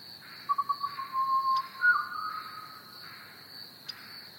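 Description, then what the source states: Pied Butcherbird fluting song: a run of quick whistled notes flowing into a sustained mellow whistle with a brief upward flick, set against pulsing insect buzzes and steady crickets. With crickets chirping.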